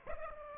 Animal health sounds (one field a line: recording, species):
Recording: mosquito wingbeat signal from an infrared sensor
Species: Aedes aegypti